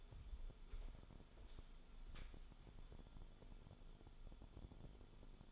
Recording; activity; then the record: daily activity, microphone in the room; walk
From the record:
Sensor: 5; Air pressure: 1015.4 hPa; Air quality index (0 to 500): 176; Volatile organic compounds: 6 ppm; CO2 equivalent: 1922 ppm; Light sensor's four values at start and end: 41/94/38/38 and 41/94/38/38